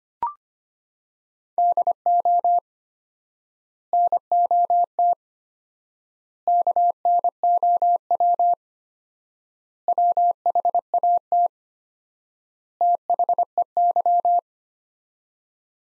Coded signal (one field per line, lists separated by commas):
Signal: Morse code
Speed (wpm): 25 wpm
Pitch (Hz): 700 Hz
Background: none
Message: DO NOT KNOW WHAT THEY